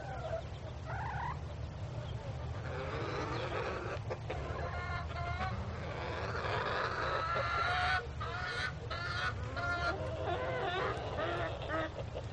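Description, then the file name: Chickens cackling as a flock, many overlapping clucks and squawks over a steady low hum. Several chickens cackling. "audio hero Birds Chickens"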